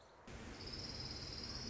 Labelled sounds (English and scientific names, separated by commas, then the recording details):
Orange-crowned Warbler (Leiothlypis celata)
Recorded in Sonoma County, California